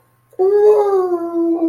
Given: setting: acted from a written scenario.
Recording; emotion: vocal sound without words; ecstasy